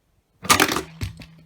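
A button on a Spin Master Gotham City Guardian toy tank is pressed, and its spring-loaded latch releases with a sharp crack at 0.5 s, shooting the plastic bat cycle out hard. A quick burst of clattering rattles follows until about 0.8 s, then a softer knock at 1.0 s over a faint low hum. The bat cycle is ejected from the spring launcher.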